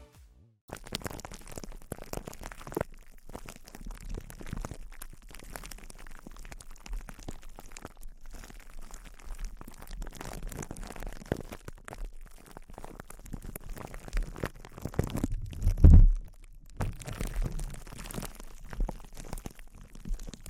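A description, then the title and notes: Intense close-up crinkling runs almost nonstop after a brief silent start, a dense rustle of quick, irregular crackles spread from low thumps up to bright hiss. Around sixteen seconds a loud, heavy crunch peaks, followed by a short lull before the crinkling resumes. ASMR Intense Close-Up Crinkles (No Talking).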